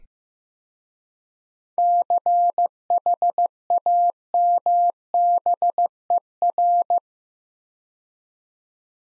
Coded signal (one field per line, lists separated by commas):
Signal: Morse code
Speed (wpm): 15 wpm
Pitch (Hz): 700 Hz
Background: none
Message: CHAMBER